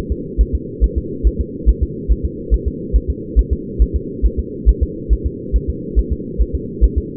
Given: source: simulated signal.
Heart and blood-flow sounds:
fetal heart sounds
0.12 s: S2
0.41 s: S1
0.55 s: S2
0.84 s: S1
0.98 s: S2
1.27 s: S1
1.41 s: S2
1.69 s: S1
1.83 s: S2
2.11 s: S1
2.25 s: S2
2.54 s: S1
2.68 s: S2
2.96 s: S1
3.10 s: S2
3.39 s: S1
3.53 s: S2
3.82 s: S1
3.96 s: S2
4.26 s: S1
4.39 s: S2
4.69 s: S1
4.83 s: S2
5.13 s: S1
5.26 s: S2
5.56 s: S1
5.70 s: S2
5.99 s: S1
6.12 s: S2
6.41 s: S1
6.55 s: S2
6.84 s: S1
6.98 s: S2
From the record:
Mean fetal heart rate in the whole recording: 140 bpm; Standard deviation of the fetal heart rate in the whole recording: 2 bpm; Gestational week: 34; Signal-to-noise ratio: -4.1 dB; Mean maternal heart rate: no maternal heart sound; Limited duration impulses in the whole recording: absent

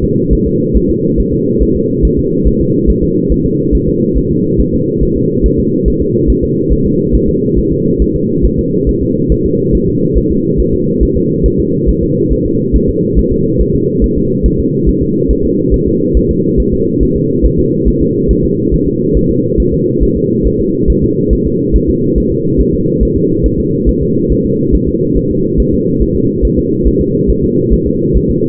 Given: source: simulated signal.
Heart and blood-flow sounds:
fetal heart sounds
0.04 s: S2
0.33 s: S1
0.47 s: S2
0.77 s: S1
0.90 s: S2
1.20 s: S1
1.34 s: S2
1.62 s: S1
1.76 s: S2
2.05 s: S1
2.19 s: S2
2.47 s: S1
2.61 s: S2
2.90 s: S1
3.03 s: S2
3.32 s: S1
3.46 s: S2
3.75 s: S1
3.89 s: S2
4.18 s: S1
4.31 s: S2
4.60 s: S1
4.74 s: S2
5.03 s: S1
5.17 s: S2
5.46 s: S1
5.59 s: S2
5.88 s: S1
6.02 s: S2
6.30 s: S1
6.44 s: S2
6.73 s: S1
6.86 s: S2
7.15 s: S1
7.29 s: S2
7.59 s: S1
7.72 s: S2
8.02 s: S1
8.16 s: S2
8.46 s: S1
8.59 s: S2
8.89 s: S1
9.03 s: S2
9.32 s: S1
9.46 s: S2
9.75 s: S1
9.89 s: S2
10.18 s: S1
10.31 s: S2
10.60 s: S1
10.74 s: S2
11.03 s: S1
11.17 s: S2
11.46 s: S1
11.60 s: S2
11.89 s: S1
12.03 s: S2
12.33 s: S1
12.46 s: S2
12.76 s: S1
12.90 s: S2
13.19 s: S1
13.32 s: S2
13.61 s: S1
13.75 s: S2
14.04 s: S1
14.18 s: S2
14.46 s: S1
14.60 s: S2
14.89 s: S1
15.02 s: S2
15.31 s: S1
15.45 s: S2
15.74 s: S1
15.88 s: S2
16.17 s: S1
16.31 s: S2
16.60 s: S1
16.74 s: S2
17.03 s: S1
17.17 s: S2
17.46 s: S1
17.59 s: S2
17.88 s: S1
18.02 s: S2
18.31 s: S1
18.45 s: S2
18.74 s: S1
18.88 s: S2
19.17 s: S1
19.31 s: S2
19.60 s: S1
19.74 s: S2
20.03 s: S1
20.17 s: S2
20.47 s: S1
20.60 s: S2
20.90 s: S1
21.04 s: S2
21.33 s: S1
21.47 s: S2
21.76 s: S1
21.89 s: S2
22.18 s: S1
22.32 s: S2
22.61 s: S1
22.74 s: S2
23.03 s: S1
23.17 s: S2
23.46 s: S1
23.60 s: S2
23.89 s: S1
24.03 s: S2
24.32 s: S1
24.46 s: S2
24.75 s: S1
24.88 s: S2
25.17 s: S1
25.31 s: S2
25.60 s: S1
25.74 s: S2
26.02 s: S1
26.16 s: S2
26.45 s: S1
26.59 s: S2
26.88 s: S1
27.01 s: S2
27.30 s: S1
27.44 s: S2
27.73 s: S1
27.87 s: S2
28.17 s: S1
28.31 s: S2
From the record:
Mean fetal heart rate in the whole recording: 140 bpm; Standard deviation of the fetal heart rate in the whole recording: 2 bpm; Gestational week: 34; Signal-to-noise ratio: -11.2 dB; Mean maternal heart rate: 72 bpm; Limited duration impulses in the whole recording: present

